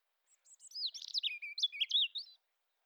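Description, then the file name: European robin song, a sweet run of sliding, tumbling whistled notes rising and falling for about two seconds. "Erithacus rubecula"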